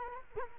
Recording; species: mosquito wingbeat signal from an infrared sensor; Culex quinquefasciatus